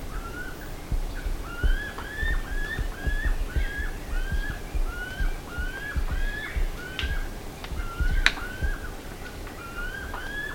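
Bird calling: a steady stream of short whistled notes, with sharp clicks and constant low rumbling background noise.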